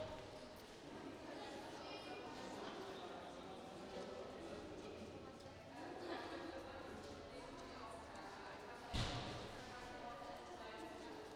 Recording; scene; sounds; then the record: everyday scene through a hearing-aid microphone; reverberant space; background noise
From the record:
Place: railway station hall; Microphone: in the ear canal, right